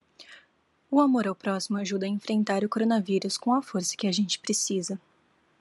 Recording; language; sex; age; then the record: spoken sentence; Brazilian Portuguese; female; 18 to 19 years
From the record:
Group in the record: control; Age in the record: 18 years